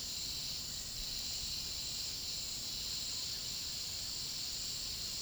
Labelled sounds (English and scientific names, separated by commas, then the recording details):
none
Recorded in pastures near Puerto Asís, Putumayo, Colombia, on 21 February 2024 at 08:30
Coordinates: 0.486, -76.323
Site G6462